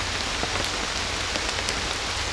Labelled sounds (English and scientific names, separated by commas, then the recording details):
none
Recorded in secondary vegetation near Puerto Asís, Putumayo, Colombia, on 18 December 2024 at 23:30
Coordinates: 0.500, -76.326
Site G065